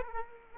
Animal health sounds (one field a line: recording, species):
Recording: mosquito wingbeat signal from an infrared sensor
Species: Aedes aegypti